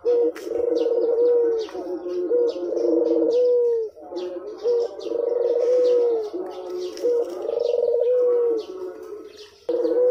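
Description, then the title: Barbary dove giving repeated cooing phrases, each a brief note then a drawn-out trilled coo sliding down, with soft twittering of other birds throughout. White variety; masteran training recording for teaching songbirds. "Masteran Burung Puter Putih"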